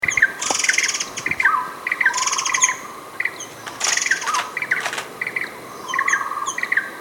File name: burung murai besi murai cai murai air mancur